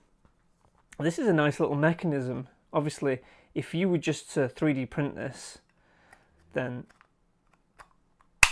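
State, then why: Seated. Someone talks while a small 3D-printed plastic piece is inserted into its twist-lock socket on a model and twisted. A loud, sharp snap at 8.4 s marks the piece locking into place, seated.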